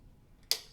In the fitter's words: when you're ready and you want to go back to your home positions simply engage these locking pins so they click into place